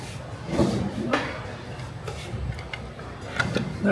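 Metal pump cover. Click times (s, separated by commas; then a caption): 3.4 s. A mechanic uses rubber O-rings as guides to line up the bottom half of a metal pump coupling cover onto the pump coupling housing of a large open-throat hopper pump. Scraping and rubbing sounds and a few light taps lead to a sharp, loud metallic hit at 3.4 s as the cover locks into place and seats.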